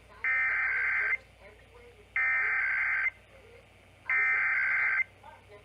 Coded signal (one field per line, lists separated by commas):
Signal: Emergency Alert System (SAME) tones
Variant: header bursts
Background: speech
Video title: Required Monthly Test on WGN-AM 720 (EAS #1,154) 10/2/18